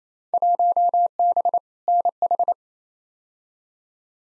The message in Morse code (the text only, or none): 1B NH